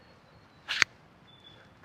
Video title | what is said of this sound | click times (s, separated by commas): My Top 5 Motorcycle Camping Gadgets | this little thing slides out locks in place | 0.8 s